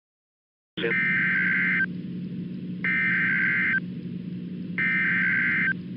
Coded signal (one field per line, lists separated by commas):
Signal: Emergency Alert System (SAME) tones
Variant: header bursts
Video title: EAS: The March 17 Guthrie, Oklahoma Fire Events